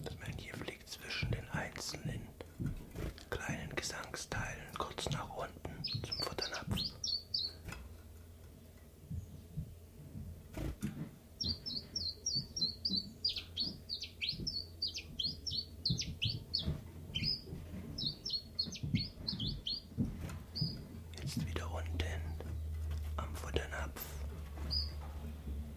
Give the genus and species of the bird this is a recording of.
Phylloscopus collybita